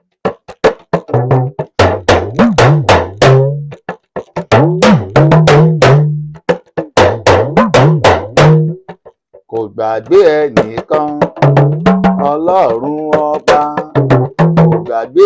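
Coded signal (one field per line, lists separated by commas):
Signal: talking drum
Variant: Yoruba dùndún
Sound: resonant drum strokes in phrased groups, pitch bending up and down like speech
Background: other percussion or voices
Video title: Yoruba talking drum proverbs.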